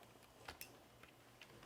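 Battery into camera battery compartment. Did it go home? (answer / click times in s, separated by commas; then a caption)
no / none. A camera battery is handled at the camera's battery compartment, with a few short ticking and clicking sounds around 0.5, 0.6 and 1.4 seconds against a quiet background. The battery has not snapped into place and nothing has seated yet.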